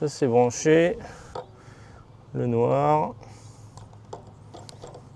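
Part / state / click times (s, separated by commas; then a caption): black cable connector into robot mower socket / seated / 4.7 s. Someone talks while a black plastic cable connector is pushed into the socket of a Mammotion LUBA Mini robot mower. A few faint ticks follow, then a sharp click at 4.7 s as the connector clips in and seats.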